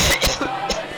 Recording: coughing mixed with background sound